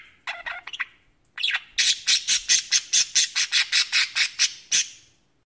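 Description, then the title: Budgerigar call: a few rough squawks, a pause, then a fast, even series of many sharp high chirps. "Budgie Sounds"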